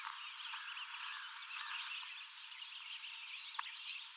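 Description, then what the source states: LeConte's sparrow song: a thin, very high insect-like buzz held for under a second, over a soft chatter of other birds. Recorded 21 July 2019; the recording holds six songs.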